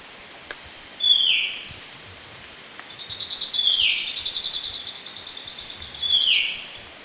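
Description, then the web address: White-breasted wood wren song: three quick, clear whistled phrases falling in pitch, spaced about two and a half seconds apart, with a soft rattling trill and steady insect drone. Song recorded in the eastern lowlands of South America. "Natures Songs S America Eastern Lowlands Henicorhina leucosticta, song"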